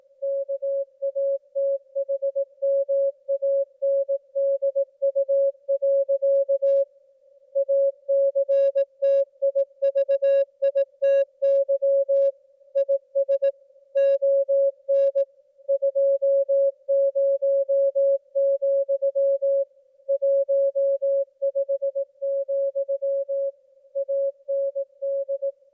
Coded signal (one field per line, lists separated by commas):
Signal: Morse code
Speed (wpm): 18 wpm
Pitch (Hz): 550 Hz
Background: music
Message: KATHMANDU. ACTIVITY IS ON 20, 15, AND